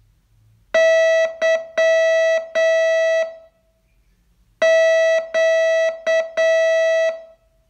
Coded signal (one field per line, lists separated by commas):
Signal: Morse code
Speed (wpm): 8 wpm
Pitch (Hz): 650 Hz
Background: none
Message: YQ